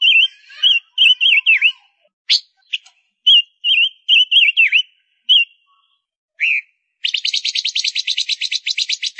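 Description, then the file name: Gouldian finch song: short whistled notes near one pitch with dipping slurs, then a long buzzy rapid pulsed trill closing the phrase. Female bird singing. "Tieng chim ngu sac mai hot"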